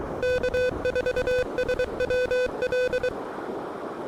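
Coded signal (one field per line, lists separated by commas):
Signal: Morse code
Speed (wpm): 24 wpm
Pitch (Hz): 500 Hz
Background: none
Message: K4SWL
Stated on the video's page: Pedestrian mobile QRP activation at a state recreation area using an Elecraft KH1, early morning.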